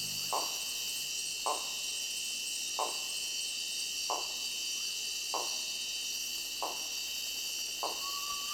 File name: Bamboo Rat (Dactylomys dactylinus)